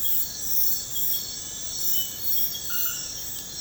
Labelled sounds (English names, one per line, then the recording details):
none
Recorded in secondary vegetation near Puerto Asís, Putumayo, Colombia, on 21 February 2024 at 00:30
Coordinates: 0.472, -76.331
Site G6371